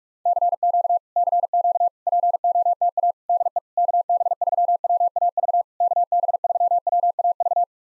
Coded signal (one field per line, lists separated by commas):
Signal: Morse code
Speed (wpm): 44 wpm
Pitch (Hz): 690 Hz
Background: none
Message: CQ CQ POTA DE KB3WAV KB3WAV